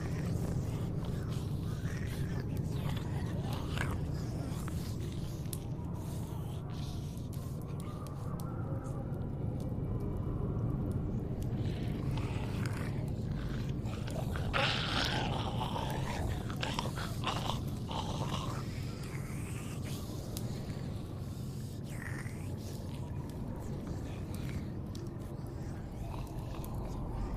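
Zombie moans and wet biting sounds churn over a constant low rumble, with louder growling bursts around the middle and near the end.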